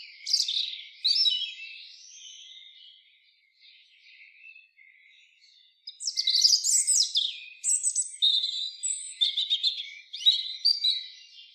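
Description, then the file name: European robin delivering thin, high warbling phrases, a lull of faint notes, then a long tumbling sequence of trills, squeaks and clear whistles. "Erithacus rubecula"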